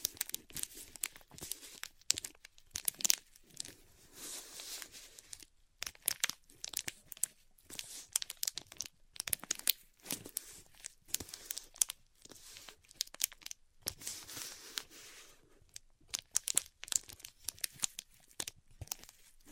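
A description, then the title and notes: Ripping off a band aid: a dense run of quick, bright tearing and crinkling bursts, irregular and near constant, with brief silent gaps throughout. ASMR Ripping Off the Band Aid (No Talking).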